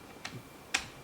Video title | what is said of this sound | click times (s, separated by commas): Bosch GSR12V-140FCB22 Cordless Electric Screwdriver 12V Kit - 5-In-1 Multi-Head Power Drill Set | bit piece that goes on there and I like how it it locks in place so it's not going to pull out on you | 0.8 s